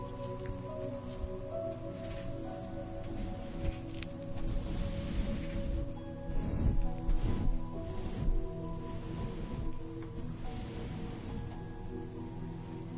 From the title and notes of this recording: Enjoy the sounds of having your facial treatment, with steam, cream, and massage.